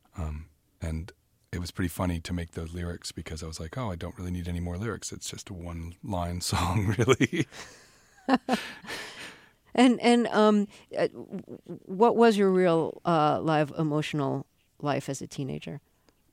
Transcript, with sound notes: And it was pretty funny to make those lyrics because I was like oh, I don't really need any more lyrics. It's just a one-line song, really.
(LAUGHTER)
And what was your real live emotional life as a teenager?